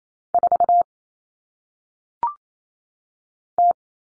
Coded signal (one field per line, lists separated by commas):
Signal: Morse code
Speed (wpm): 28 wpm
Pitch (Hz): 700 Hz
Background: none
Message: 4 T